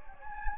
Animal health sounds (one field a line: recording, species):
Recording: mosquito wingbeat signal from an infrared sensor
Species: Anopheles gambiae